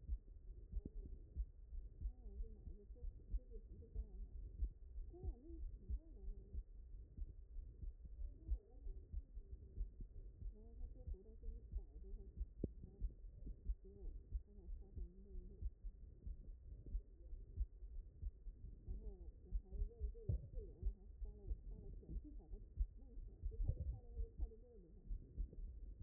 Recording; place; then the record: heart sounds by stethoscope; mitral valve (MV)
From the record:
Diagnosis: HFrEF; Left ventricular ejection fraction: 17%